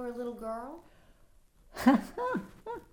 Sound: laughs

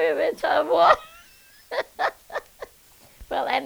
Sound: she laughs

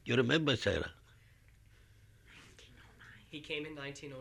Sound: she whispers

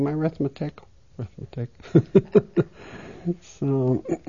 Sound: she laughs

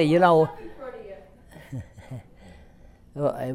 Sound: laughs

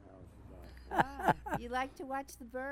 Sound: laughs

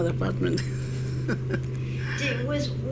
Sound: she laughs

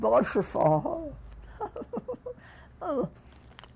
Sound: laughs

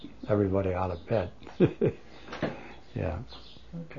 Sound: he laughs

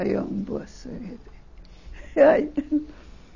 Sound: she laughs

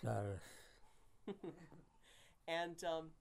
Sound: chuckles

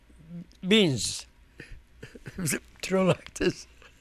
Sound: he laughs and gestures

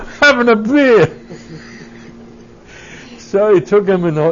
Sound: he laughs

